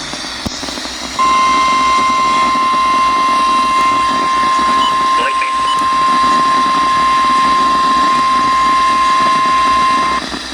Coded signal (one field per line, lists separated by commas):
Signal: Emergency Alert System (SAME) tones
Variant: 1050 Hz attention tone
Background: speech